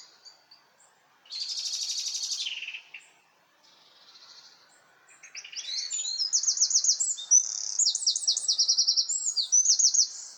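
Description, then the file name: Eurasian wren song: a buzzy high burst, a short pause, then long rapid trills of sharp notes, very high-pitched and fast, over quiet background. "Troglodytes troglodytes"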